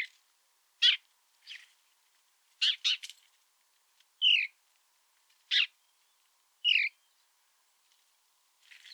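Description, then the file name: House sparrow giving sharp chirping calls, single and paired notes spaced irregularly, some sliding down in pitch, against a quiet background. "Passer domesticus"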